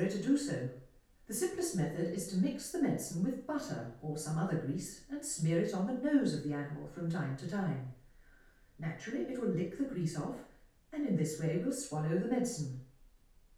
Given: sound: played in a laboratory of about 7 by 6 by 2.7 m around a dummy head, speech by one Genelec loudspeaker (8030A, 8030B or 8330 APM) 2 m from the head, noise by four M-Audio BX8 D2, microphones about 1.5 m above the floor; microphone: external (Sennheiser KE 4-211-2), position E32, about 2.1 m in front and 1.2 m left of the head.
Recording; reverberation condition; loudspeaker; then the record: female speech in English; medium; behind (180 degrees)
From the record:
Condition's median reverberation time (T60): about 510 ms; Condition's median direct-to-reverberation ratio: about -0.5 dB